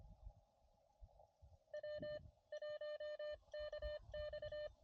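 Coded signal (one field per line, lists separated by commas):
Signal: Morse code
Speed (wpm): 25 wpm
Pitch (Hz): 600 Hz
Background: none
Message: W1KX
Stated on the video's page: CW POTA park activation on an Elecraft KX2 with a Chelegance MC-750 antenna and a Pico paddle.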